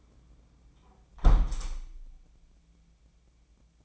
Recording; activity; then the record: daily activity, microphone in the room; close window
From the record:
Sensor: 1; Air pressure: 1012.4 hPa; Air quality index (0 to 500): 168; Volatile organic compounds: 3 ppm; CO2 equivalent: 1366 ppm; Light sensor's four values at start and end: 151/339/150/158 and 151/337/150/158